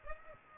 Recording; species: mosquito wingbeat signal from an infrared sensor; Aedes aegypti